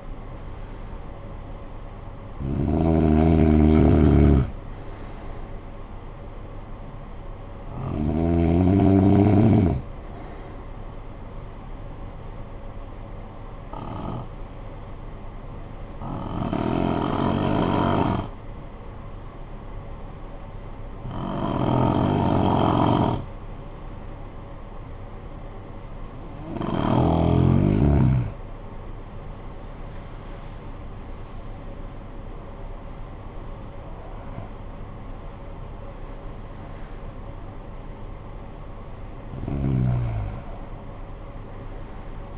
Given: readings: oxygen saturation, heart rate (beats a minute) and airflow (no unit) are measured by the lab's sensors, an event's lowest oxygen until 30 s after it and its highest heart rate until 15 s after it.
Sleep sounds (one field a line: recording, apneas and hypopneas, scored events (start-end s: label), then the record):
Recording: breathing in sleep by a smartphone at the bedside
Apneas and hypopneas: 1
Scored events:
12.00-27.60 s: hypopnea (N1, oxygen 95% highest, then 91% lowest, heart rate 52 at the start, 75 highest)
From the record:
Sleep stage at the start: N1 (lightest sleep)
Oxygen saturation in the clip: 89 to 95%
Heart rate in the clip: 49 to 75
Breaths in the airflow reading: 8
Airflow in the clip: -14.9 to 15.9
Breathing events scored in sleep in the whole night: 445 in 7.6 hours asleep